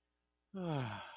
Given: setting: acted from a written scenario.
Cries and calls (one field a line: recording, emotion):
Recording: vocal sound without words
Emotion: shame